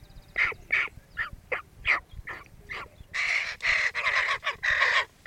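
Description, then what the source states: Hooded crow giving several soft, scratchy calls, then a louder burst of harsh, drawn-out caws. Adult bird.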